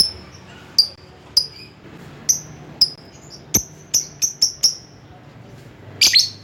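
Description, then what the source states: Lovebird calls: thin sharp high chirps, spaced irregularly then speeding up, finishing with a brief harsher burst. Lovebird calling a rival.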